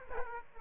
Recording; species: mosquito wingbeat signal from an infrared sensor; Aedes aegypti